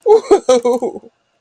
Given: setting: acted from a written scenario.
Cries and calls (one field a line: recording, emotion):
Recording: vocal sound without words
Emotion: triumph